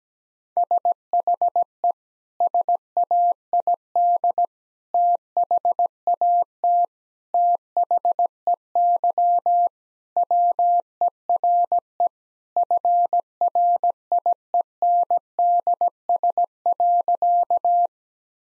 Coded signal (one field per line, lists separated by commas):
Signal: Morse code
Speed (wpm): 17 wpm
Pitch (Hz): 700 Hz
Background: none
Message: SHE SAID THAT THEY WERE FRIENDS.